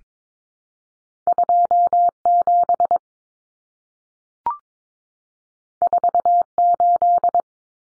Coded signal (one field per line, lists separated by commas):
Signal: Morse code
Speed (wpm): 22 wpm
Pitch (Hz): 700 Hz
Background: none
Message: 27 48